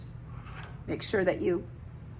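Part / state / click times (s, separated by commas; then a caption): audio adapter plug into Y cable port / not seated / none. An audio adapter plug is handled near a port on a Y cable while someone talks over a faint low hum. The plug has not seated and no snap or click has happened yet.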